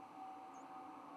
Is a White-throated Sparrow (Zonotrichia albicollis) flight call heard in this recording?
no